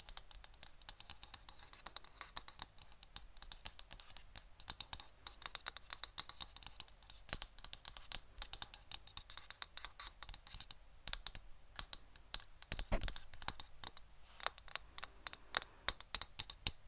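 Rapid, dense tapping with sharp bright clicks like keyboard typing, continuing steadily through the clip with a quiet low hum beneath.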